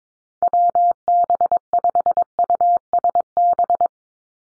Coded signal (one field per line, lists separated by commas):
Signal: Morse code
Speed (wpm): 22 wpm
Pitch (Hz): 700 Hz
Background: none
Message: WB5USB